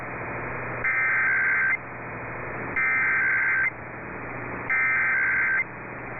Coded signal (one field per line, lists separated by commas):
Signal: Emergency Alert System (SAME) tones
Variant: header bursts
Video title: EAS #4,000!!! EAS Alerts from 4/15/24 - 4/24/24 (EAS #3,995 - 4,011)